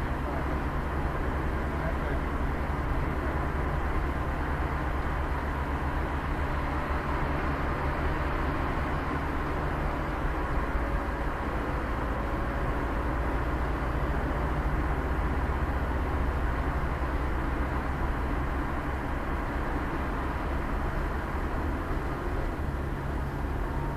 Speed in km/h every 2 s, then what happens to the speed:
53, 53, 54, 55, 55, 55, 57, 60, 64, 64, 66, 68.
0-11 steady at about 54. 11-16 speeds up to 64. 16-24 steady at about 64.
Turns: none.